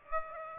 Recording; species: mosquito wingbeat signal from an infrared sensor; Aedes aegypti